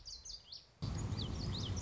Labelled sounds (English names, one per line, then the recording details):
Common Yellowthroat
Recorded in Sonoma County, California